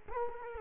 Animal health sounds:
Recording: mosquito wingbeat signal from an infrared sensor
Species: Culex quinquefasciatus

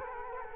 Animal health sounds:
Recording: mosquito wingbeat signal from an infrared sensor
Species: Culex quinquefasciatus

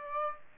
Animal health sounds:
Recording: mosquito wingbeat signal from an infrared sensor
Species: Aedes aegypti

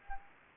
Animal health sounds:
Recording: mosquito wingbeat signal from an infrared sensor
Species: Anopheles arabiensis

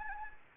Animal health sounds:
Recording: mosquito wingbeat signal from an infrared sensor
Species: Anopheles gambiae

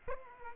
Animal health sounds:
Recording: mosquito wingbeat signal from an infrared sensor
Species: Aedes aegypti

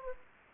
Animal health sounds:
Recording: mosquito wingbeat signal from an infrared sensor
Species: Anopheles gambiae

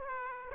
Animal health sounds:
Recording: mosquito wingbeat signal from an infrared sensor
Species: Aedes aegypti

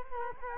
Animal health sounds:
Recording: mosquito wingbeat signal from an infrared sensor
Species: Culex quinquefasciatus

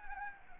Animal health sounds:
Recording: mosquito wingbeat signal from an infrared sensor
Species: Anopheles arabiensis

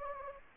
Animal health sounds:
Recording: mosquito wingbeat signal from an infrared sensor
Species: Anopheles gambiae

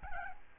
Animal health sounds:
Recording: mosquito wingbeat signal from an infrared sensor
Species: Aedes albopictus

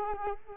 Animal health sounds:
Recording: mosquito wingbeat signal from an infrared sensor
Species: Culex quinquefasciatus

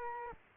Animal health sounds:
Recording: mosquito wingbeat signal from an infrared sensor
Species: Culex quinquefasciatus

